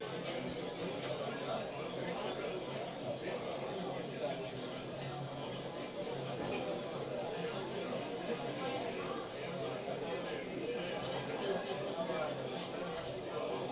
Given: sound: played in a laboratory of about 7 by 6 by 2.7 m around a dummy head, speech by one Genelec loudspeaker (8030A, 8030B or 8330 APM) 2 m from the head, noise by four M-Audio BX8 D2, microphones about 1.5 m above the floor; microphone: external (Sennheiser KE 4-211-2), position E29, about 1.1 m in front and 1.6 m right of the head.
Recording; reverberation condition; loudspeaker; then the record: cafeteria noise; low; four, about 170 cm from the corners of the room and facing them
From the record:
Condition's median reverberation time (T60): about 310 ms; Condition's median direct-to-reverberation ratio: about 3.5 dB